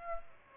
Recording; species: mosquito wingbeat signal from an infrared sensor; Aedes aegypti